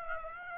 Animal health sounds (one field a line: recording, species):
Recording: mosquito wingbeat signal from an infrared sensor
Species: Aedes aegypti